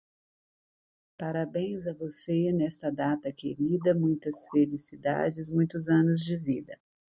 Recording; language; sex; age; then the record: short text; Brazilian Portuguese; female; 50 to 59 years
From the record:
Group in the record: control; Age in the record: 51 years